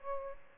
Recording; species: mosquito wingbeat signal from an infrared sensor; Aedes aegypti